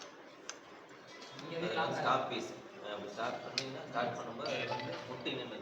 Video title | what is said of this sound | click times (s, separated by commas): Day4 half engine fitting | ஆனால் இங்கே வந்து லாக் ஆகிடும். | 0.5 s